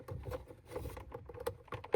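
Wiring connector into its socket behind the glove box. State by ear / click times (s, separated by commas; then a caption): not seated / none. A wiring connector is handled while being guided toward its socket behind the glove box of a 2017-or-newer Ford Super Duty during a cabin air filter replacement; its red locking tab had fallen off and been put back on. Soft rustling and low handling noise build to a few brief taps near 1.5, 1.7, 1.9 and 2.0 seconds. Nothing has seated or clicked yet.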